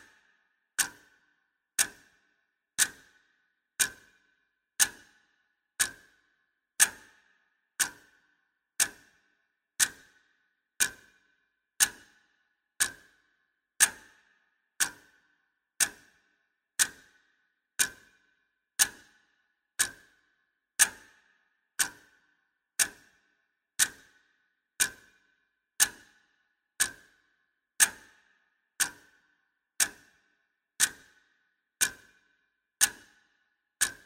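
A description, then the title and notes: A ticking clock beats steadily, a bit faster than once per second, each crisp tick ringing briefly over an otherwise silent background. This is a soothing sound of a ticking clock.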